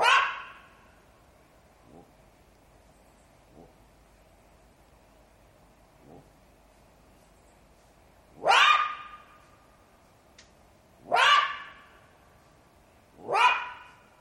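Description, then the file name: Jackal yelps: one at the start, several faint soft notes, then three sharp rising yelps in quick succession near the end. "zvuki shakala"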